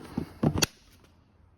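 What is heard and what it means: An SW-Motech saddle bag on a Speed Twin motorcycle is released from its side carrier rack: after the release lever on the bag's mount is squeezed, the bag slides forward and up off the rack. There is a soft rustle and a few quick knocks, then a sharp knock at 0.6 s as the mount comes free. The saddle bag latch is confirmed released.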